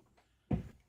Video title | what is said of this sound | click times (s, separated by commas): How to Attach a Shotgun Mic to a Regular Camcorder | goes on you hear like a little click and | 0.5 s